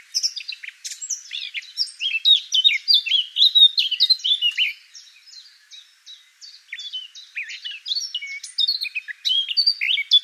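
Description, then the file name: Eurasian blackcap singing a hurried warble of bright slurred whistles, pausing briefly near the middle, then resuming with more rapid chirping phrases. "Sylvia atricapilla"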